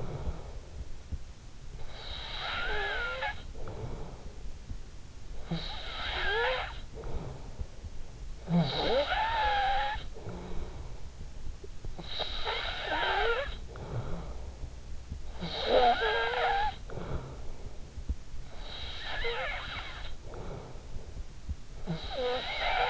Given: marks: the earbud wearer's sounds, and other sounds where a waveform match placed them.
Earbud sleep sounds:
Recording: sounds in sleep by an in-ear microphone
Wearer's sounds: snoring breath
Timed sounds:
0.00-22.90 s: snoring breath

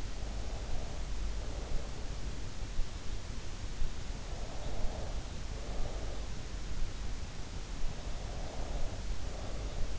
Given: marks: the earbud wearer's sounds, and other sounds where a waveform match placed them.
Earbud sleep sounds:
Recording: sounds in sleep by an in-ear microphone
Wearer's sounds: breath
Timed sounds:
0.00-2.18 s: breath
4.45-6.47 s: breath
7.98-9.99 s: breath

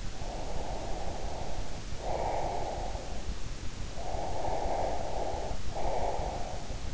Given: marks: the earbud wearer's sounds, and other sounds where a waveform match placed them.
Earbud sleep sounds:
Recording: sounds in sleep by an in-ear microphone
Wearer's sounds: breath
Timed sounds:
0.14-3.44 s: breath
3.91-6.94 s: breath

